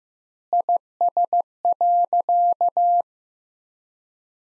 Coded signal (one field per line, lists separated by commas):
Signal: Morse code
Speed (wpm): 15 wpm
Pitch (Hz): 700 Hz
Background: none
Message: IS.